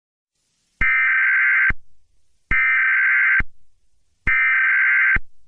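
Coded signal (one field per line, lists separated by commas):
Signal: Emergency Alert System (SAME) tones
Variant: header bursts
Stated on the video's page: Fan-made fictional scenario, not a real alert.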